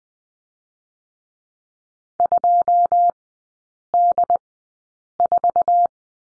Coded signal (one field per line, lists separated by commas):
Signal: Morse code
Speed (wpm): 20 wpm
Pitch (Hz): 700 Hz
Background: none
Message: 2D4